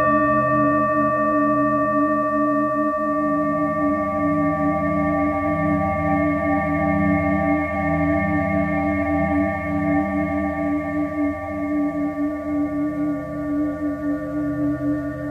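A singing bowl rings with a steady, sustained hum, several pure tones layered together, a low pulsing waver throughout and slowly fading toward the end.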